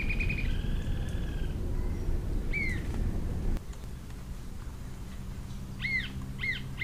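Green-tailed jacamar giving high, thin calls: a long note, a spaced arched note, then a few quick sharp notes at the end.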